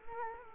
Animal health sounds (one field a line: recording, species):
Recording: mosquito wingbeat signal from an infrared sensor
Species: Culex quinquefasciatus